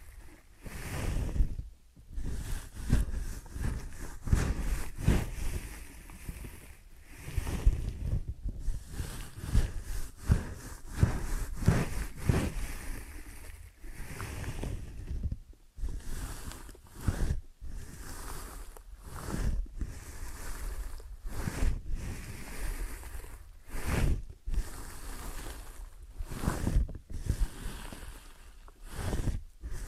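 Ear and scalp massage sounds, made of dense rubbing and brushing strokes with a muffled, whooshing rush and soft low thumps. The strokes run almost continuously at first, then become more separate bursts every second or so, with brief silent gaps near 2, 15 and 17 seconds.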